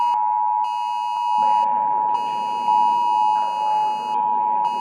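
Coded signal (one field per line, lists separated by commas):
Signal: Emergency Alert System (SAME) tones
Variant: 853 and 960 Hz attention tone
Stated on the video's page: Fictional EAS scenario, a made-up alert rather than a real broadcast.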